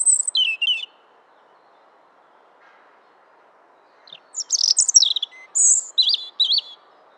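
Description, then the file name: European robin song: a short, falling warble, a long pause, then a longer phrase of varied high whistles and trills. "Erithacus rubecula"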